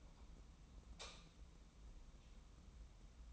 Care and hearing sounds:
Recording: daily activity, microphone in the room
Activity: light off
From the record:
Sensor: 1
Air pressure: 994.4 hPa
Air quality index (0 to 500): 225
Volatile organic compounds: 1000 ppm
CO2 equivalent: 8092 ppm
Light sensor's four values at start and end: 123/283/125/135 and 122/275/123/133

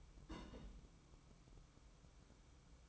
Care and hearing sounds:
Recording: daily activity, microphone in the room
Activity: place on stove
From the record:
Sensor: 1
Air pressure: 1008.1 hPa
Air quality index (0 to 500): 135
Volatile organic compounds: 2 ppm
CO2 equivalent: 1132 ppm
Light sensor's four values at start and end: 8/19/8/8 and 8/19/8/8

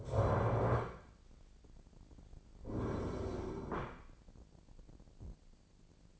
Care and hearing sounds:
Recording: daily activity, microphone in the room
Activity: stand up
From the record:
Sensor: 5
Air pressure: 1009.4 hPa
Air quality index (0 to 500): 155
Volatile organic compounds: 2 ppm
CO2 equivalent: 1192 ppm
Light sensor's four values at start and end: 268/646/273/298 and 269/647/274/298

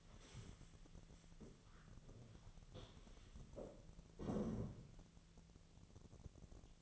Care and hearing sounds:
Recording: daily activity, microphone in the room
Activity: stand up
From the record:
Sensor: 4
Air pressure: 1001.3 hPa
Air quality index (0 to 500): 183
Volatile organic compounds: 2 ppm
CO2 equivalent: 1309 ppm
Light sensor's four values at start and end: 15/35/14/15 and 15/35/14/15

